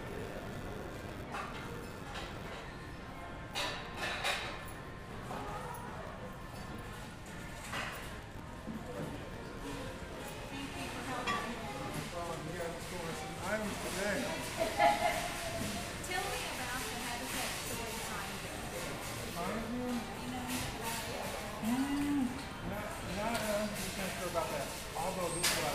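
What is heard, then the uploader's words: Shoppers talk in a busy indoor space while furniture is shifted and a cart rolls past, making a continuous low rumble under overlapping voices. Scattered knocks and light clinks come throughout, with a louder bump near the middle and murmuring steady to the end. Standing in the Habitat for Humanity ReStore on North Wendover Road. Featuring moving furniture, a rolling cart, and shoppers.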